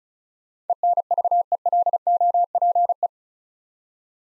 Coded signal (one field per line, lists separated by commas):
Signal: Morse code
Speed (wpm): 36 wpm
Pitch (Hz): 700 Hz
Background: none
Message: ENVELOPE